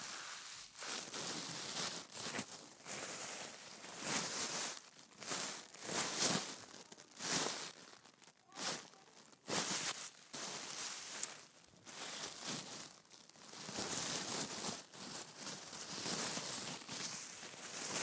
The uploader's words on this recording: ASMR Gift Wrapping and Tissue Paper.